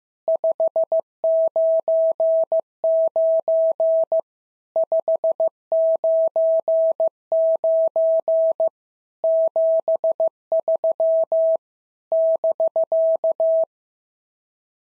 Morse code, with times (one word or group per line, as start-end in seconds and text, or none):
0.3-4.2 599
4.8-8.7 599
9.2-11.6 73
12.1-13.6 <BK>